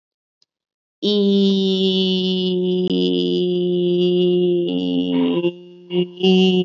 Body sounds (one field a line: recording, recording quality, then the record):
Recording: sustained vowel as in beet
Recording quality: excellent, no background noise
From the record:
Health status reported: COVID-19 positive, mild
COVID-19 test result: positive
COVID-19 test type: RT-PCR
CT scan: not taken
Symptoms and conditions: cold, fever, fatigue, muscle pain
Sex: female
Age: 30 years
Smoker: no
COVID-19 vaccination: both doses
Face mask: not worn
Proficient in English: yes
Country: India